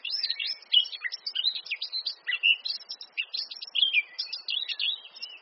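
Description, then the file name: Eurasian blackcap with a lively warbled song, loud whistled phrases mixed with quick scratchy notes throughout. "Sylvia atricapilla"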